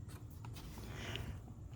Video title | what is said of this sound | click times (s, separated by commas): How to Repair Air Vent Tab on 2019 RAM 1500 | and these two clips just need to get snapped into place, and they just popped into place. | 1.2 s